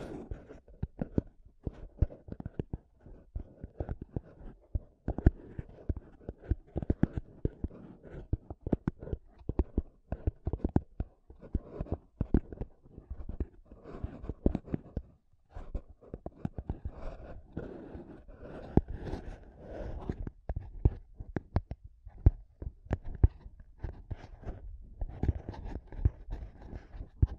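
Intense tapping and scratching on a microphone, a rapid, irregular stream of sharp knocks and rubbing strokes that runs for the whole stretch. The hits are dense and uneven, mostly dull and low with some brighter clicks, broken by brief pauses around the middle.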